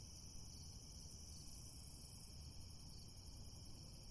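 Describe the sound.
Cricket chorus of fast, high pulsing chirps held evenly throughout, with low steady noise underneath.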